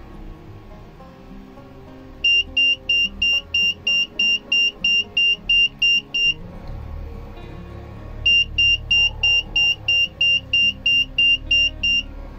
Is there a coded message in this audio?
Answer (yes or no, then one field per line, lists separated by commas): no